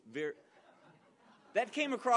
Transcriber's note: audience laughter